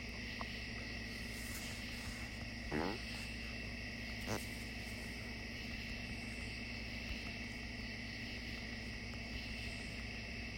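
Night insects buzz in a steady, unbroken chorus, with bright high tones that hold level throughout. A low droning hum runs underneath the whole time. A brief rising chirp sounds near the three-second mark, followed by a sharp click just after four seconds.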